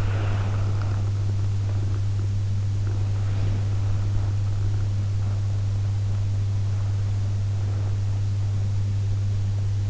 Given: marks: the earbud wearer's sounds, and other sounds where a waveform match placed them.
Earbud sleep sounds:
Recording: sounds in sleep by an in-ear microphone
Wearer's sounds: body movement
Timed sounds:
0.00-1.15 s: body movement
2.93-4.32 s: body movement

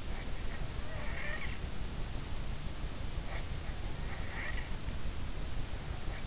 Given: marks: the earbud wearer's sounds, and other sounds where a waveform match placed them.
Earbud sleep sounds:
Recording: sounds in sleep by an in-ear microphone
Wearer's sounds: snoring breath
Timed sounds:
0.76-1.61 s: snoring breath
3.99-4.81 s: snoring breath

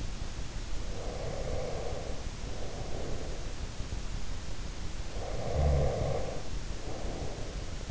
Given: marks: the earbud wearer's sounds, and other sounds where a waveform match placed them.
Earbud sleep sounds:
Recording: sounds in sleep by an in-ear microphone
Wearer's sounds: breath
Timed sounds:
0.70-3.69 s: breath
4.85-7.91 s: breath

